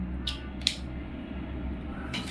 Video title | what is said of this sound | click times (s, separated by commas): How to Wire Up Ethernet Plugs - Crimping Tutorial with RJ45 Connector in Tamil - Guide with RJ45 Pin | just ஒரு long press பண்ணிங்கன்னா ஒரு sound கேட்கும் click | 0.3 s, 0.7 s